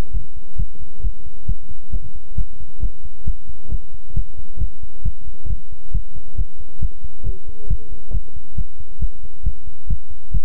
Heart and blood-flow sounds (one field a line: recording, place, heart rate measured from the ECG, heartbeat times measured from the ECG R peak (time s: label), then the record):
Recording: heart sounds by stethoscope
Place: between the tricuspid and mitral areas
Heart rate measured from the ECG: 135 bpm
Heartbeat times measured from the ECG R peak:
0.11 s: heartbeat
0.56 s: heartbeat
1.01 s: heartbeat
1.46 s: heartbeat
1.90 s: heartbeat
2.35 s: heartbeat
2.80 s: heartbeat
3.24 s: heartbeat
3.69 s: heartbeat
4.14 s: heartbeat
4.58 s: heartbeat
5.02 s: heartbeat
5.47 s: heartbeat
5.92 s: heartbeat
6.36 s: heartbeat
6.79 s: heartbeat
7.24 s: heartbeat
7.68 s: heartbeat
8.11 s: heartbeat
8.55 s: heartbeat
8.99 s: heartbeat
9.43 s: heartbeat
9.87 s: heartbeat
10.31 s: heartbeat
From the record:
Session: pedaling a stationary bicycle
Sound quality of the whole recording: good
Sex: male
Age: 24 years